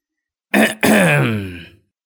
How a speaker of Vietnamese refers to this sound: Mụ hắng giọng.